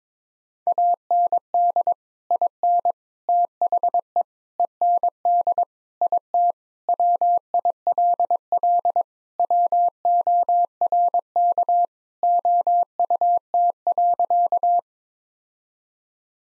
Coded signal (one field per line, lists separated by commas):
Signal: Morse code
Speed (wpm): 22 wpm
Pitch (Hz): 700 Hz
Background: none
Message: AND IN THE END IT WILL WORK OUT.